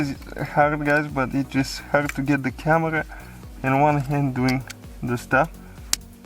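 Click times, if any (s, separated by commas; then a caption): 5.9 s. Someone talks while pushing the wiring harness plug onto the clutch pedal switch connector on a Ford Fiesta MK7. A loud, sharp hit sounds at 5.9 s as the plug goes on, and the connector is seated.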